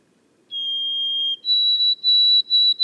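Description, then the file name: White-throated sparrow singing a pure whistled note, then stepping up to higher whistles that break into short repeated phrases, cut off at the end. Boreal forest of Haute-Côte-Nord, 29 May 2018. "loiseau-son-bruant-a-gorge-blanche-foret-boreale-de-la-haute-cote-nord-29-mai-2018"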